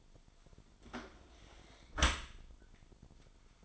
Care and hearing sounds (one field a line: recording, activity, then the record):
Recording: daily activity, microphone in the room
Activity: close dishwasher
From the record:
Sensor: 5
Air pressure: 1003.2 hPa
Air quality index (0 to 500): 129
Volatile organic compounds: 1 ppm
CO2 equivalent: 943 ppm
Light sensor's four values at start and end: 94/232/94/108 and 79/193/80/90